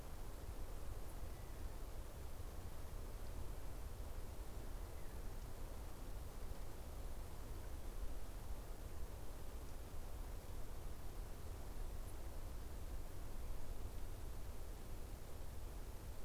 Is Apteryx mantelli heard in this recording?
no